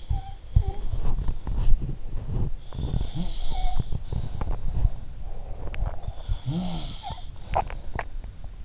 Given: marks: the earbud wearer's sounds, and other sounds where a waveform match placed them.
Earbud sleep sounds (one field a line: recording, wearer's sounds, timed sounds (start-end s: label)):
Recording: sounds in sleep by an in-ear microphone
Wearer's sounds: body movement, teeth grinding, swallowing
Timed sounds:
0.00-1.25 s: sound from someone else or the room
0.04-8.64 s: body movement
2.48-5.00 s: sound from someone else or the room
4.32-4.70 s: teeth grinding
5.55-7.58 s: sound from someone else or the room
5.64-5.88 s: teeth grinding
7.02-8.31 s: swallowing